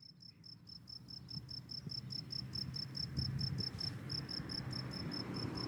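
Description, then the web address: Cricket chirps repeated quickly and evenly throughout, one brief pause, with low rumbling noise rising underneath. "college-alain-crozon grillon"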